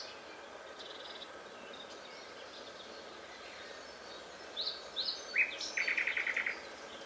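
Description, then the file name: Common nightingale song phrase: three rising notes followed by a quick trill near the end. "Luscinia megarhynchos"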